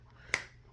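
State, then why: Seated. An MC4 solar connector insert is pushed into its connector housing during a repair of a solar panel cable connector, giving a single sharp, bright snap at 0.3 s that stands out above a faint low hum. The insert clicks in and is seated.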